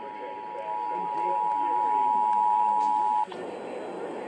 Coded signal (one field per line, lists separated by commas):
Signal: Emergency Alert System (SAME) tones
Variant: 853 and 960 Hz attention tone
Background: speech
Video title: 2018 Illinois Tornado Drill test TOR (EAS #469-470)